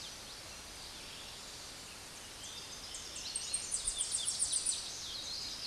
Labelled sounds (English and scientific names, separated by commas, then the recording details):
Tennessee Warbler (Leiothlypis peregrina) song
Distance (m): 20 m
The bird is about 5 m above the microphone
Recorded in a Pennsylvania forest on 16 May 2024 at 06:11
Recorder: AudioMoth, point MSD-1849
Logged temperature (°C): 12.1 °C
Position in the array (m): 35 m, 57 m